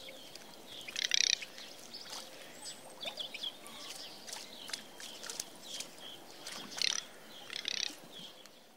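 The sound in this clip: Garganey giving dry, crackling rattle bursts around the first second and again near seven and eight seconds, with scattered fainter sounds and steady background hiss.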